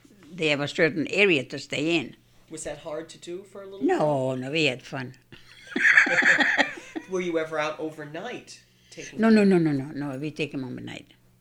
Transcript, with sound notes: They have a certain area to stay in.
Was that hard to do for a little girl?
No. No, no, we had fun. ( she laughs )
Were you ever out overnight taking them...
No, no, no, no, no. We take them home at night.